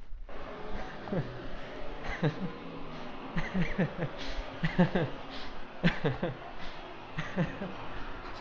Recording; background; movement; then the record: laughter; traffic; walking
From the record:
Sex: male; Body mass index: 20.5 kg/m2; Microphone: on the chest, facing outward